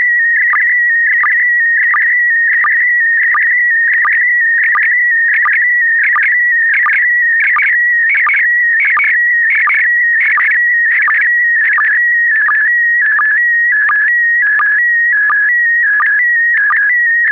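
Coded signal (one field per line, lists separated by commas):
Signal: SSTV (slow-scan television)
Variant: PD90 mode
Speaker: Verder is er morsen en een SSTV-plaatje in PD90. Het laatste is een foto die ik kort voor de uitzending speciaal hiervoor gemaakt heb.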